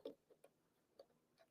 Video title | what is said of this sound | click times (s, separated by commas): LIVE Build of Centipede GRS Build-A-Cade | just pops right in like a Micro SD snaps in | 1.0 s